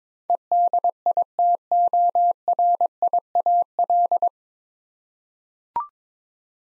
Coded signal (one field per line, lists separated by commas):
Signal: Morse code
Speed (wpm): 22 wpm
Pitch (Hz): 700 Hz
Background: none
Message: EDITORIAL